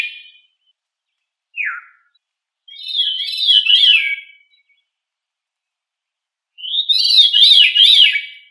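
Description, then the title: Thrush song with a short down-slurred whistle followed by two longer warbling phrases of quick, wavering notes, separated by quiet gaps. "Familia Turdidae - Sabia"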